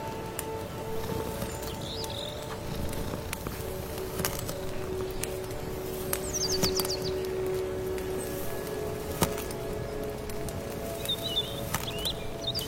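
Firewood crackles with sharp, scattered pops over a steady rustling hiss of rain and a faint low hum that holds a few even tones. Brief birdsong chirps break through around the start, the middle and near the end.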